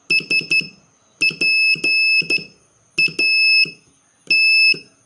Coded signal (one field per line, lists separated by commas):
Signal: Morse code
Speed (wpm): 12 wpm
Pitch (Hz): 2600 Hz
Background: none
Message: SPAT